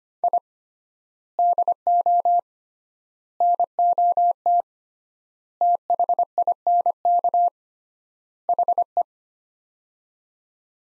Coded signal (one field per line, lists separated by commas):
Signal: Morse code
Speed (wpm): 25 wpm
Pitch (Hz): 700 Hz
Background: none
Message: I DO NOT THINK HE